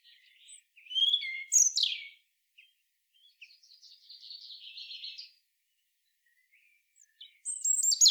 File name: Erithacus rubecula